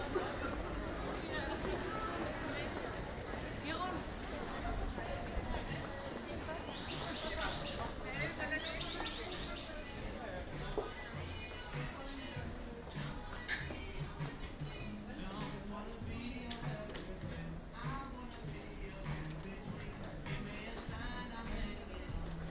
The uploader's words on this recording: A walk through the city - part 1 The Hague. Recordings made with a Zoom H2 with extra SP-TFB-2 binaural microphones. It's all in the city of The Hague, the Netherlands.